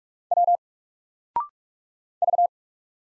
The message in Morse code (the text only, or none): W V